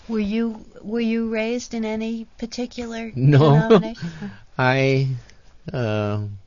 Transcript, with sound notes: Were you, were you raised in any particular denomination?
No. ( he laughs ) I, uh,